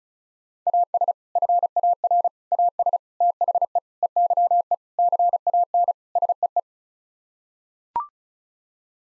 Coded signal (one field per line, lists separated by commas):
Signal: Morse code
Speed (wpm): 34 wpm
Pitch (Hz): 700 Hz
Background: none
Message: AS FAR AS THE EYE CAN SEE